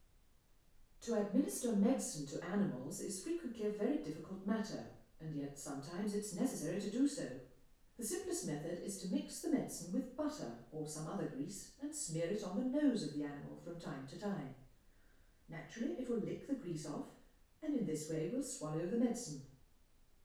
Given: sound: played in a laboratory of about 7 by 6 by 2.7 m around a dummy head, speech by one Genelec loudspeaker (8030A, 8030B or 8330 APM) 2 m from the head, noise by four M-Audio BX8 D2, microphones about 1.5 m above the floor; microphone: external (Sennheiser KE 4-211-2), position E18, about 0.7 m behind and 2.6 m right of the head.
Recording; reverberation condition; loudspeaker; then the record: female speech in English; medium; 30 degrees to the right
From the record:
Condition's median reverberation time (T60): about 510 ms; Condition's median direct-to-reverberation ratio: about -0.5 dB